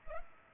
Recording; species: mosquito wingbeat signal from an infrared sensor; Culex pipiens